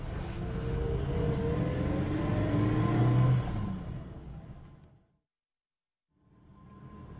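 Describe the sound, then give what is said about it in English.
A car engine roars and revs, its pitch climbing as a father drives away in his child's car, then the rumble fades out into a brief silence before a low hum returns. “Oh, and Dad, be careful with my car.”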